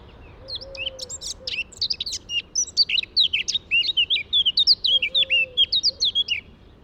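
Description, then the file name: Eurasian blackcap warbled song, a dense run of quick whistled and chattering notes lasting about six seconds, with faint low whistles behind it. "Sylvia atricapilla"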